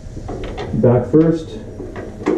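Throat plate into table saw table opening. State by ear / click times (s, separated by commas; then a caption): seated / 2.0 s, 2.3 s. A table saw throat plate (blade insert) on a Delta 36-725T2 is dropped in back end first and pressed down at the front, and someone talks while it goes in. It snaps into the table opening with clicks at 2.0 s and 2.3 s and is seated.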